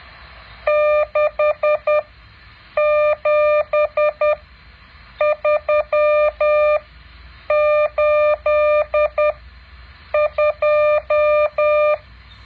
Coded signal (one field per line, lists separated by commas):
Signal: Morse code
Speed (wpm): 10 wpm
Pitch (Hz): 600 Hz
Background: none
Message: 67382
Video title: แบบฝึกหัด Morse code 9.7